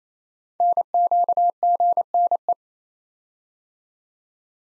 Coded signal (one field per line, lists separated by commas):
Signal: Morse code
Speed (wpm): 29 wpm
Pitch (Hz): 700 Hz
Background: none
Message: NQGNE